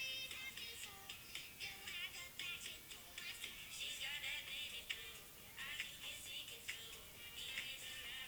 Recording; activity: daily activity, guitar pickup as the sensor; browse video